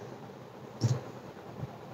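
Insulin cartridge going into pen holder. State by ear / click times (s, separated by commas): not seated / none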